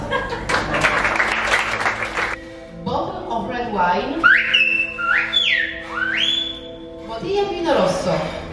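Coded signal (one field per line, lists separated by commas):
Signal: whistled language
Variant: Silbo Gomero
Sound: clapping-like noise, then loud whistles sliding up and holding, then noise again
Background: engine hum, crowd noise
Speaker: now we are all ready for demonstration of Silva Romero the whistled language of the island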